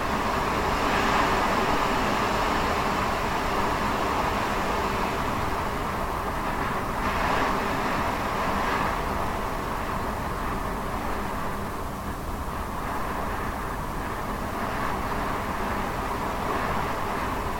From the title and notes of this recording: This audio track captures the haunting and mesmerizing sound of winds as they howl through landscapes, creating an eerie and otherworldly atmosphere.